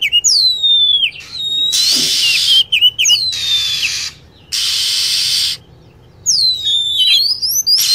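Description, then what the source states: Lovebird calls: falling whistled sweeps and short chirps, then a fast shrill burst, broken by stretches of steady hiss. Lure call for attracting lovebirds.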